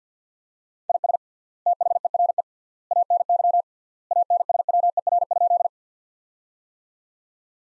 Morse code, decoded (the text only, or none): IS THERE ANY ANSWER?